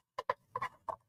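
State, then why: Seated. A plastic part at the back of a plastic action figure or vehicle toy is pressed into its socket, making a quick series of short, sharp plastic clicks and taps. The part clicks into place at 0.3 s, the loudest click, followed by further light clicks near 0.6 s and 0.9 s.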